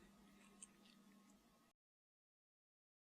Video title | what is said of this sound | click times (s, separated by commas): iPhone 4 LCD Screen and digitizer replacement | you'll hear a distinctive click when the connector is plugged in properly | 0.6 s